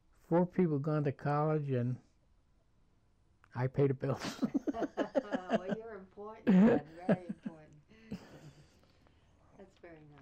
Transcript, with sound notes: four people gone to college and I paid the bills. (laughing)
Well, you're important. Very important. That's very nice.